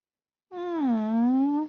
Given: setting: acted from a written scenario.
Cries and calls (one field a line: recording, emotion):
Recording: vocal sound without words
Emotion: adoration